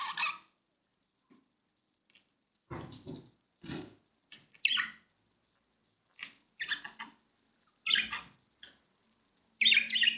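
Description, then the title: Budgerigar calls as scattered short bursts of raspy squawks and clicks separated by silences, with a harsh chirp closing. "Budgie Sounds"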